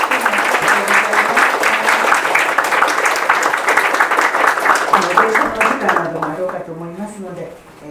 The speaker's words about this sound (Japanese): 質問時間はちょっと一旦ここであの切らせていただきまして、先生に、拍手をお願いいたします。